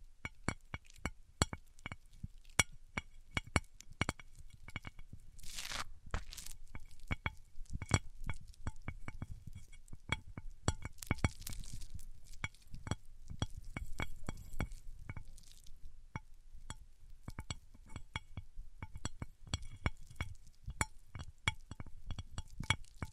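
Microphones are rubbed against surfaces, giving a dense run of sharp clicks and ticks that repeat rapidly and irregularly throughout, over a low rumbling scrape. Brief brighter hissing swipes stand out around five to six seconds and again near eleven and fifteen seconds.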